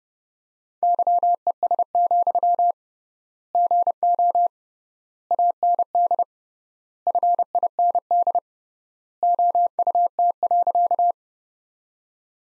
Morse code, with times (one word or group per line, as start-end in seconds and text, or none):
0.8-2.7 YES,
3.5-4.5 GO
5.3-6.2 AND
7.1-8.4 FIND
9.2-11.1 OUT.